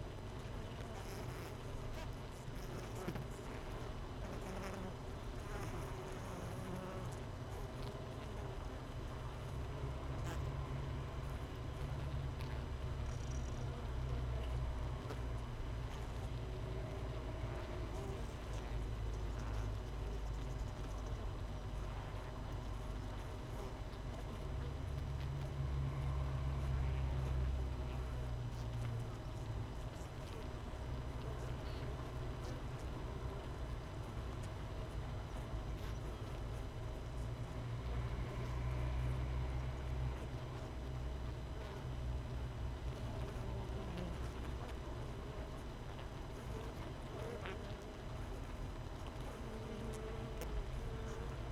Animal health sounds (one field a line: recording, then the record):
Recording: honeybee colony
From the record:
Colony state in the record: missing queen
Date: 31 May 2018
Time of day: 6:26